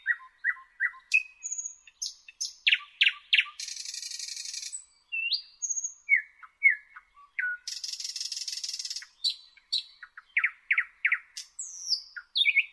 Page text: Jelmer Poelstra - Обыкновенный соловей (Luscinia luscinia)